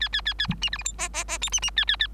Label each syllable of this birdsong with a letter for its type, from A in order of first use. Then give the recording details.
A A A A B C D E F G G G H C C A A A. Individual Bird3